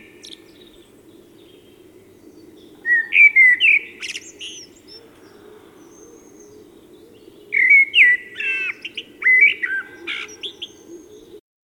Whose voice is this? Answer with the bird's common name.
Common Blackbird